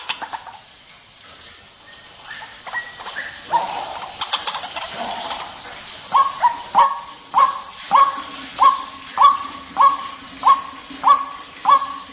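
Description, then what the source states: White-breasted waterhen: mixed chatter and squeaks early, settling after six seconds into a regular series of clipped notes repeated roughly every 0.6 seconds. Lure recording (pikat) of the white-breasted waterhen.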